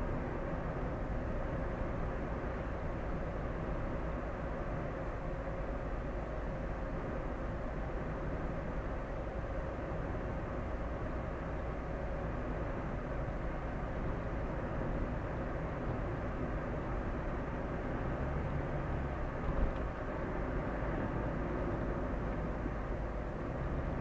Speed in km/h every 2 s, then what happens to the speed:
59, 60, 60, 59, 59, 61, 62, 62, 63, 64, 62, 58.
0-19 steady at about 60. 19-24 slows to 58.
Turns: none.